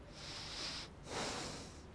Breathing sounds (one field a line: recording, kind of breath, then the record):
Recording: one breath in and out by a microphone near the nose and mouth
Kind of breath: deep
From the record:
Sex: male